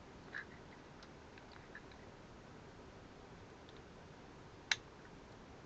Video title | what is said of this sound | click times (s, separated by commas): Sunday Evening Clean & Chat - TISAS M1911A1 Tanker | It snaps right in. | 4.7 s